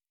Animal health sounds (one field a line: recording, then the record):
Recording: hydrophone in a shrimp aquaculture tank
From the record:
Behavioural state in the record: normal